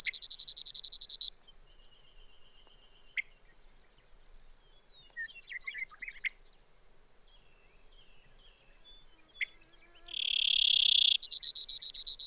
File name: Brewer's Sparrow